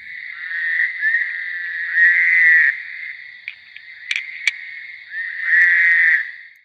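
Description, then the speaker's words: Fowler's toad, short nasal buzzing trills repeated a few times, with a few brief sharp clicks between them. Recorded in July 2009 along the James River, Albemarle County, Virginia; males call to attract mates. "That was a Fowler's toad, recorded in July 2009 along the James River in Albemarle County."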